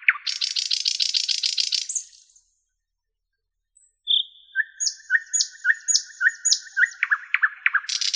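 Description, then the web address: Nightingale song: a fast buzzy rattle of repeated notes, a two-second pause, then a sharp note, a run of clear whistled notes and quick chirps. "spiew ptakow piesn slowika"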